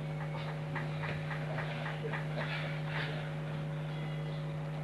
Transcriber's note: chuckles